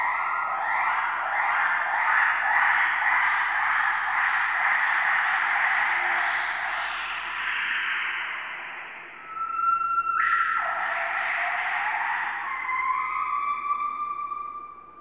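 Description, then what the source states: Gibbon loud calls: a fast series of harsh, repeated notes for about eight seconds, then a sharp swoop and several long, steady wailing tones. Captive gibbon yelling at a zoo.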